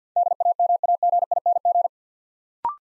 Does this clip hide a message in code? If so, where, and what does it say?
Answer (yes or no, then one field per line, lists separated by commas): yes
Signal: Morse code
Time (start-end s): 0.2-1.9 s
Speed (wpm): 49 wpm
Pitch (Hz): 700 Hz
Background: none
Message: DAMAGING